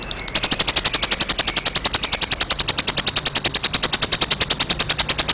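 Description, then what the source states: Lovebird chattering song: a long, fast, even train of sharp high chirps that carries on without a break. Snow (salju) colour variety lovebird owned by Mr Said.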